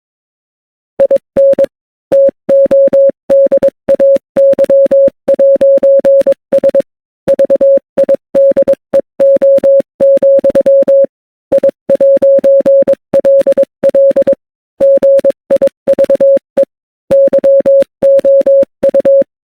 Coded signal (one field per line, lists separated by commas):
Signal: Morse code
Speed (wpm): 22 wpm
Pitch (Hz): 550 Hz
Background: none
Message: IN TODAY'S VIDEO, I'LL GIVE YOU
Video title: Some Good Roasts in Morse Code to use against bad people